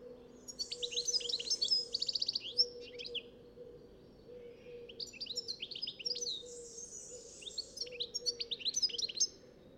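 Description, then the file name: European goldfinch song, continuous bright twittering with quick rattling trills and liquid chirps, pausing briefly midway before another phrase. "Carduelis carduelis"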